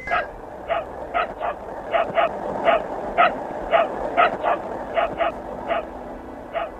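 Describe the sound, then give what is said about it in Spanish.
The dog Laika barks from somewhere inside the Sputnik 2 spacecraft in a quick, steady series of about fifteen short, yappy, mid-pitched barks, some in rapid pairs, over a constant background hiss. No one speaks. “Es Laika ladrando desde algún lugar dentro del Sputnik 2.”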